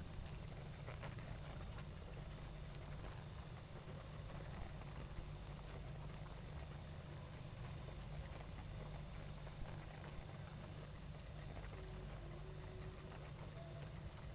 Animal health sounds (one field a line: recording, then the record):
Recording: honeybee colony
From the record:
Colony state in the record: active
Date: 28 July 2017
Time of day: 20:10